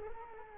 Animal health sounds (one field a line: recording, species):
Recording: mosquito wingbeat signal from an infrared sensor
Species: Culex quinquefasciatus